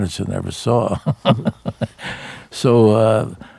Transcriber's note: laughter